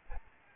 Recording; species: mosquito wingbeat signal from an infrared sensor; Aedes albopictus